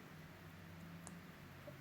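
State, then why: Seated. A pod or coil is pushed into a Skyline R vape device against a low steady hum. One sharp, short click sounds at 1.1 s, and the part is seated.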